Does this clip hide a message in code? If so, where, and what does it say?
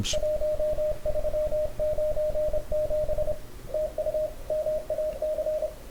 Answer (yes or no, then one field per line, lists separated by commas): yes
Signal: Morse code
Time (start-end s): 0.1-5.7 s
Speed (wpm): 27 wpm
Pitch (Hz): 610 Hz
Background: radio noise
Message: 1397 TU MAC